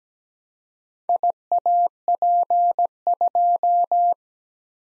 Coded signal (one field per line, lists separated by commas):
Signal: Morse code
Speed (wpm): 17 wpm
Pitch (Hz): 700 Hz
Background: none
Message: IAP2